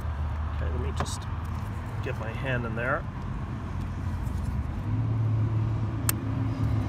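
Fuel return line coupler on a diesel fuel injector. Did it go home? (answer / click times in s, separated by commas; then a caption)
released / 6.1 s. A plastic fuel return line coupler on a diesel fuel injector of a Mercedes V6 turbo diesel is pushed down in the center and then lifted with the fingers until it clicks into the upward, released position so it can be pulled off. Someone talks over a low background hum. A short, sharp click at 6.1 s marks the coupler releasing.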